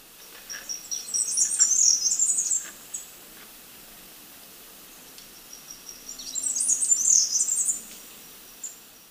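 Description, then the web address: Mountain wren song: two high, rapid tinkling phrases of jumbled notes, each lasting a few seconds, separated by a pause of several seconds. Recorded in Ecuador. "Birds of Ecuador. Mountain Wren"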